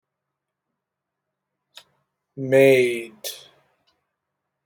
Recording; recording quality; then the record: sustained vowel as in made; moderate, slight background noise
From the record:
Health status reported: healthy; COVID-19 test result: negative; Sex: male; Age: 23 years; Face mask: not worn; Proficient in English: yes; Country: United States